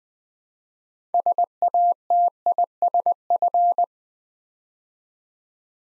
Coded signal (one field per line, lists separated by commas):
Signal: Morse code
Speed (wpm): 20 wpm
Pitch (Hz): 700 Hz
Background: none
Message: SATISF